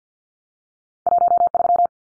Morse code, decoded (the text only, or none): 13